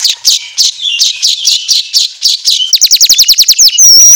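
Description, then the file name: Asian golden weaver song: a steady series of buzzy chattering notes, then a quicker clicking trill, ending in a loud whistled hiss. Song made for training songbirds, labelled 'auto gacor'. "Suara Kicau Manyar Kepala Emas Auto Gacor"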